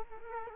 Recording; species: mosquito wingbeat signal from an infrared sensor; Culex quinquefasciatus